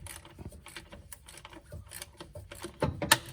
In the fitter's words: All right, that little click noise you heard is a good thing.